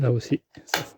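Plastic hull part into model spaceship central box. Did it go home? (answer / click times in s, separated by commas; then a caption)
yes / 0.7 s. Someone talks as a plastic part of a Millennium Falcon model kit's central box is pressed into its mating part. A small, sharp plastic click is heard at 0.7 s as the part seats in place.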